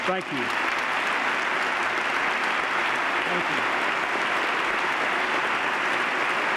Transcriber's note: applause